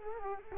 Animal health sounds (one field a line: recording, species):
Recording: mosquito wingbeat signal from an infrared sensor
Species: Culex quinquefasciatus